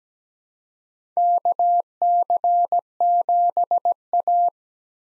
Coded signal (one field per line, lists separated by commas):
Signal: Morse code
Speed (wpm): 17 wpm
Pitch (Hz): 700 Hz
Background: none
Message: KC7A